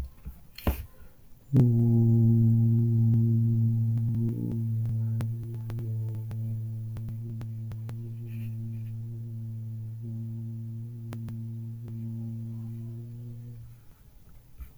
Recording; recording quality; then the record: sustained vowel as in boot; moderate, slight background noise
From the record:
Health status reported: healthy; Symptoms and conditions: none ticked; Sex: male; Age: 25 years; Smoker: not ticked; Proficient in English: yes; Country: United States